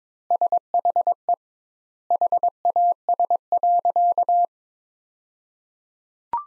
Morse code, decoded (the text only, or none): SHE HAS.